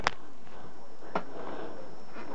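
A part of a secondhand pushchair travel system, likely the handle or cover, is handled as it is fitted into the pushchair frame. A sharp tap at about 0.1 s and a softer knock at about 1.2 s sound over quiet background noise. Nothing has seated or clicked into place yet.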